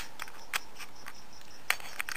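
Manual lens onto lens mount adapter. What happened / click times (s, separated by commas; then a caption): The lens twisted and locked onto the mount / 1.7 s. A vintage manual lens is lined up with the red dot on an EF to EF-M adapter, pushed down and twisted. Faint ticks and scrapes come before a sharp click at 1.7 s as it locks into place, followed by a few lighter ticks. The lens is seated on the adapter.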